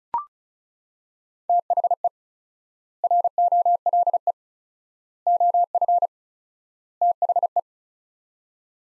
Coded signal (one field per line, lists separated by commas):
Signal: Morse code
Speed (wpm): 34 wpm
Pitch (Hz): 700 Hz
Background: none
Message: THE ROLE OF THE